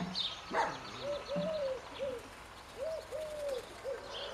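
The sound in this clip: Bird calling with soft, arched mid-pitched notes in loose pairs, broken by one sharp click, while faint high chirps sound in the background.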